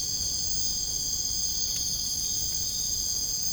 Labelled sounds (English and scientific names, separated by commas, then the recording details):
none
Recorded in dense forest near Puerto Asís, Putumayo, Colombia, on 22 June 2025 at 02:30
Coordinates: 0.481, -76.323
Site G072